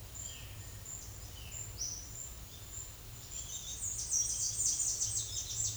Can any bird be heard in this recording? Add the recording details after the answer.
yes. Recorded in secondary vegetation near Puerto Asís, Putumayo, Colombia, on 4 March 2025 at 10:30. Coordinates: 0.500, -76.326. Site GP04